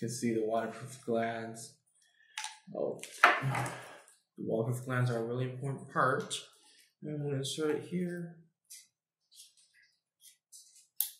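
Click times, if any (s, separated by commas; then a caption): 11.0 s. Someone talks while a waterproof cable connector (gland/plug) is inserted into the port of an outdoor PoE media converter housing. A small, sharp click at 11.0 s marks the connector seating in the port; it is then twisted to lock and seal it for waterproofing.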